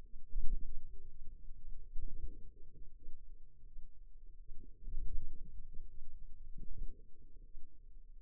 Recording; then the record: forearm muscle sounds (acoustic myography)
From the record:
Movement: ulnar deviation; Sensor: system 2, bracelet of six BSWA MPA416 microphones around the upper forearm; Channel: 2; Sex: female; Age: 23 years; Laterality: right